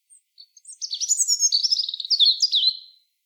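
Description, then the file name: European robin song: a few soft lead-in notes, then a sweet, high, tumbling warble of fast, varied sliding notes. "Erithacus rubecula"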